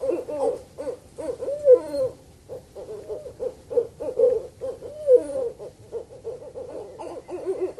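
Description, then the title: Owl calling with rapid strings of short hoots mixed with longer quavering, bending notes, fairly continuous throughout. "Manuk Huwek. Burung hantu"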